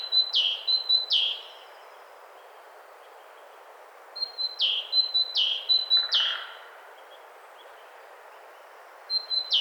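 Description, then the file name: Great tit delivering short bursts of two-note phrases, a level whistle then a dropping note, separated by pauses of a few seconds, with a brief soft rushing sound during the second burst. "Parus major"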